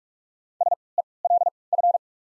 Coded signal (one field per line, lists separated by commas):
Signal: Morse code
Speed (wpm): 42 wpm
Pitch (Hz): 700 Hz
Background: none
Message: S E L F